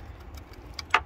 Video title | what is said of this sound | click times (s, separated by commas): HOW TO REPLACE THROTTLE POSITION SENSOR / BODY 2011-2015 CHEVY EQUINOX GMC TERRAIN 2.4L FAST & EASY | make sure it clicks and then lock it in place | 0.8 s, 0.9 s